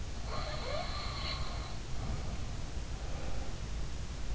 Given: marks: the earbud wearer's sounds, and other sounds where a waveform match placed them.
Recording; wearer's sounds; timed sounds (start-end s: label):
sounds in sleep by an in-ear microphone; breath
0.24-2.40 s: sound from someone else or the room
3.10-3.60 s: breath